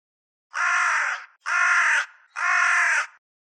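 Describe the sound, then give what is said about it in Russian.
A bird calls three times in a row, each call a loud, harsh, raspy cry lasting under a second, separated by short even pauses. No voices are heard. “«Вы с этим не согласны?» – обратился к птице Тирхан. Та нахохлилась и замолчала.”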